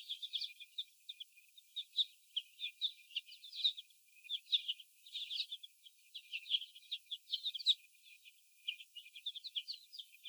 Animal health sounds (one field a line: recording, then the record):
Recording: young laying hens in a cage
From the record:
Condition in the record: before the stressor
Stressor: sudden umbrella opening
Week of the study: 2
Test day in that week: 1